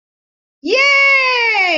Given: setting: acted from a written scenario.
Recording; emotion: vocal sound without words; awe